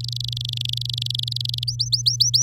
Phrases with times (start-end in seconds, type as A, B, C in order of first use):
0.00-1.64 A, 1.67-2.42 B